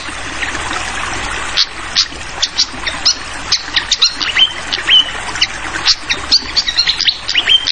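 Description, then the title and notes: Flycatcher song of quick high tweets and short slurred whistles in busy bursts, with constant trickling water behind. Masteran (tutoring) for teaching songbirds; clear voice mixed with the sound of flowing water. "Masteran Sikatan Kipas Suara Jernih Dan Suara Gemericik Air. Suara Burung Sikatan Londo"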